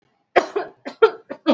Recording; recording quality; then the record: heavy voluntary cough; excellent, no background noise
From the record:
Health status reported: exposed to COVID-19, no respiratory illness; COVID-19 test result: not tested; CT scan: not taken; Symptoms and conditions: none ticked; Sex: female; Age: 32 years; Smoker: no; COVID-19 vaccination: both doses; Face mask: worn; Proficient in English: yes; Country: India